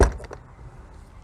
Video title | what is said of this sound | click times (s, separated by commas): KEA River / Platinum 6-Berth Motorhome Tutorial & Setup Guide | that black catch over there goes here and just locks into place | 0.0 s